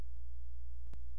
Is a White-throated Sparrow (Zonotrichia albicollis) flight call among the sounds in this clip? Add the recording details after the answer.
no. No flight call is heard. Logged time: 00:14 on 16 September 2014